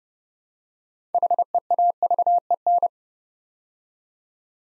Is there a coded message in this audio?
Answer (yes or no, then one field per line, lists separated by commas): yes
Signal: Morse code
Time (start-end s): 1.1-2.9 s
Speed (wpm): 30 wpm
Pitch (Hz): 700 Hz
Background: none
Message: HEAVEN